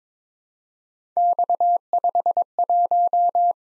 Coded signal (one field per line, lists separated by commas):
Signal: Morse code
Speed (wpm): 22 wpm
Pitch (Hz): 700 Hz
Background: none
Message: X51